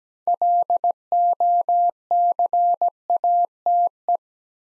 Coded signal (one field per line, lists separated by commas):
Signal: Morse code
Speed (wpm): 17 wpm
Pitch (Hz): 700 Hz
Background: none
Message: LOCATE